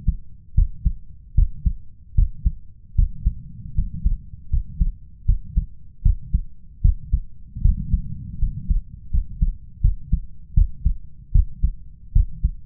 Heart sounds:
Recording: heart sounds by stethoscope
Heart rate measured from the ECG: 78 bpm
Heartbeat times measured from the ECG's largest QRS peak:
0.54 s: heartbeat
1.34 s: heartbeat
2.14 s: heartbeat
2.95 s: heartbeat
3.74 s: heartbeat
4.49 s: heartbeat
5.25 s: heartbeat
6.02 s: heartbeat
6.81 s: heartbeat
7.61 s: heartbeat
8.38 s: heartbeat
9.10 s: heartbeat
9.80 s: heartbeat
10.53 s: heartbeat
11.31 s: heartbeat
12.12 s: heartbeat
From the record:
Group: healthy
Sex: male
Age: 21 years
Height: 180 cm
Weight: 67.5 kg

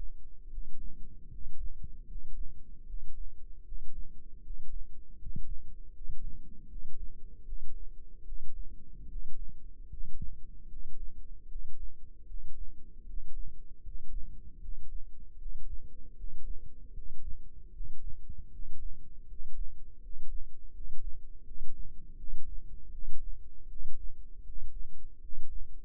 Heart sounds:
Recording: heart sounds by microphone in the left ear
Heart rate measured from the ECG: 78 bpm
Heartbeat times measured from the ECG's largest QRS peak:
0.48 s: heartbeat
1.28 s: heartbeat
2.05 s: heartbeat
2.84 s: heartbeat
3.63 s: heartbeat
4.41 s: heartbeat
5.16 s: heartbeat
5.91 s: heartbeat
6.66 s: heartbeat
7.43 s: heartbeat
8.23 s: heartbeat
9.06 s: heartbeat
9.87 s: heartbeat
10.67 s: heartbeat
11.46 s: heartbeat
12.25 s: heartbeat
13.04 s: heartbeat
13.81 s: heartbeat
14.59 s: heartbeat
15.36 s: heartbeat
16.14 s: heartbeat
16.92 s: heartbeat
17.71 s: heartbeat
18.49 s: heartbeat
19.25 s: heartbeat
19.99 s: heartbeat
20.71 s: heartbeat
21.42 s: heartbeat
22.15 s: heartbeat
22.90 s: heartbeat
23.67 s: heartbeat
24.43 s: heartbeat
25.19 s: heartbeat
From the record:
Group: healthy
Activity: rest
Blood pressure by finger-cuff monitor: 95/66 mmHg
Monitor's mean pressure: 73 mmHg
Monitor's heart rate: 77 bpm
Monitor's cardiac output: 6.2 L/min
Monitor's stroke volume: 80 mL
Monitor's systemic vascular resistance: 840 dyn s/cm5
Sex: male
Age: 35 years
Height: 180 cm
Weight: 86.9 kg

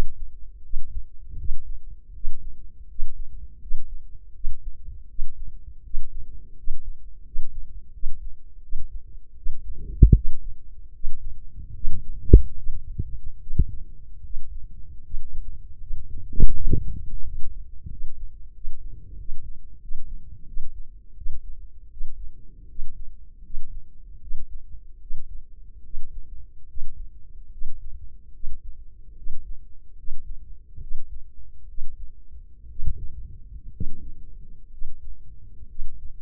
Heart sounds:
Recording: heart sounds by microphone in the left ear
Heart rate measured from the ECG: 77 bpm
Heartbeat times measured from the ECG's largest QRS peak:
0.60 s: heartbeat
1.34 s: heartbeat
2.10 s: heartbeat
2.85 s: heartbeat
3.57 s: heartbeat
4.31 s: heartbeat
5.05 s: heartbeat
5.80 s: heartbeat
6.53 s: heartbeat
7.21 s: heartbeat
7.90 s: heartbeat
8.59 s: heartbeat
9.33 s: heartbeat
10.11 s: heartbeat
10.89 s: heartbeat
11.71 s: heartbeat
12.53 s: heartbeat
13.36 s: heartbeat
14.19 s: heartbeat
15.00 s: heartbeat
15.76 s: heartbeat
16.50 s: heartbeat
17.20 s: heartbeat
17.86 s: heartbeat
18.50 s: heartbeat
19.14 s: heartbeat
19.77 s: heartbeat
20.43 s: heartbeat
21.13 s: heartbeat
21.87 s: heartbeat
22.65 s: heartbeat
23.40 s: heartbeat
24.17 s: heartbeat
24.97 s: heartbeat
25.80 s: heartbeat
26.64 s: heartbeat
27.48 s: heartbeat
28.30 s: heartbeat
29.12 s: heartbeat
29.93 s: heartbeat
30.77 s: heartbeat
31.64 s: heartbeat
32.65 s: heartbeat
33.68 s: heartbeat
34.67 s: heartbeat
35.64 s: heartbeat
From the record:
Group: healthy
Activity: rest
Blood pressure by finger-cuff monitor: 110/75 mmHg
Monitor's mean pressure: 83 mmHg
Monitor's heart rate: 80 bpm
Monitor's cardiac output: 5.7 L/min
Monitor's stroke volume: 71 mL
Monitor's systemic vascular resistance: 1060 dyn s/cm5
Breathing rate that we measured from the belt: 17 breaths a minute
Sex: female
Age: 23 years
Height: 160 cm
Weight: 50.4 kg

